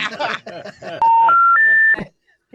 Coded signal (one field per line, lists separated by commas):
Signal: telephone call progress tone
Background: speech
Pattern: special information tone